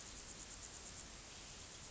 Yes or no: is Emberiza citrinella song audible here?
no